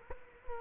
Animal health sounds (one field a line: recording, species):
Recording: mosquito wingbeat signal from an infrared sensor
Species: Culex quinquefasciatus